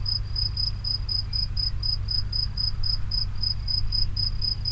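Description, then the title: Grasshopper chirping, a steady run of clear high pulses, with a constant low background rumble underneath. Recorded near the Henri Bridge at Niévroz. "Niévroz, Locusts near the Henri Bridge - Criquets vers le Pont Henri"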